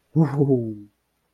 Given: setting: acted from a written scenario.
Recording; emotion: vocal sound without words; triumph